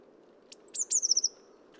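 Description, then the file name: Eurasian blue tit uttering one very high call: a thin sliding note then a rapid string of short trilled notes, over quiet low background noise. "Cyanistes caeruleus"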